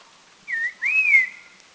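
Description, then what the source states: Red-faced liocichla giving one short whistle followed by a longer, smoothly rising and falling whistled note. Recorded at Doi Lang, northern Thailand.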